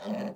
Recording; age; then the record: pig call; piglet (1 to 25 days)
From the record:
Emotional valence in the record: negative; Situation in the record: short isolation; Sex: male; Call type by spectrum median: low-frequency call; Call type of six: low-frequency modulated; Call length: 0.35 s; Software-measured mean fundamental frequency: 52 Hz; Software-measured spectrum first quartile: 212 Hz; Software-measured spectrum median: 405 Hz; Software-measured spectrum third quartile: 718 Hz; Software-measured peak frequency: 212 Hz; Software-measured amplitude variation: 121 dB a second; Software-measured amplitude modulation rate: 21.3 a second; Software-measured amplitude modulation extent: 5.7 dB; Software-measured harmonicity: 4.5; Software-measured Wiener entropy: -0.44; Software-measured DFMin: 845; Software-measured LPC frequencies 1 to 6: 601, 1802, 2765, 3665, 4536, 5576 Hz